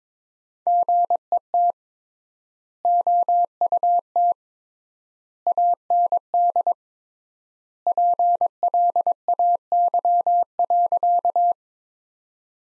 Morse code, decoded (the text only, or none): GET OUT AND PLAY.